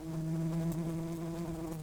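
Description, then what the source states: Red-tailed bumblebee buzzing, a steady low hum with even overtones held throughout. Worker bees.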